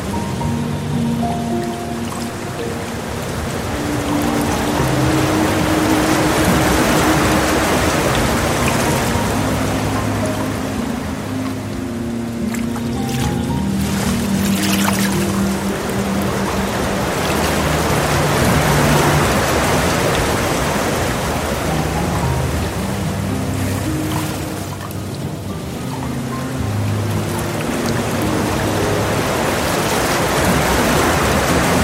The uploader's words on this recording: Relaxing Piano Music, Waterfall Sounds. Relaxing piano music and the gentle sounds of a soft water stream.